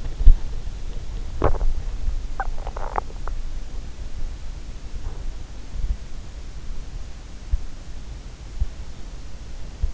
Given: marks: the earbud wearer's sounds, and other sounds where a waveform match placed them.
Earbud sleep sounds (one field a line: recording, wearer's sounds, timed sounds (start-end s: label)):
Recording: sounds in sleep by an in-ear microphone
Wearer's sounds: body movement, swallowing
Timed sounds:
0.00-1.70 s: body movement
2.35-3.36 s: swallowing